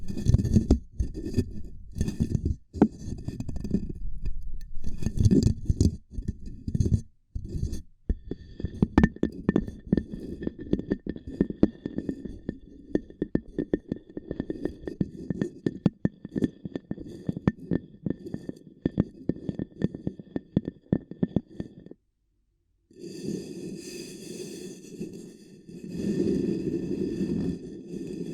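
Ear cupping triggers: soft muffled rubbing and patting in the low range, broken by many quick tapping clicks through most of the clip. A faint steady high tone runs behind it. Near 22 seconds everything drops out briefly, then a denser, brighter rubbing resumes.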